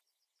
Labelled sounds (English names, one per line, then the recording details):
Yellowhammer song
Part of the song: start
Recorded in the Czech Republic on 30 May 2013
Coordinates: 50.386, 17.053
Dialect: MixB
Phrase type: C25
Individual 302657